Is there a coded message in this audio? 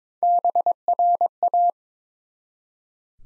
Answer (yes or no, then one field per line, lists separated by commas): yes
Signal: Morse code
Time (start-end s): 0.2-1.7 s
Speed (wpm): 22 wpm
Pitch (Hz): 700 Hz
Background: none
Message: BRA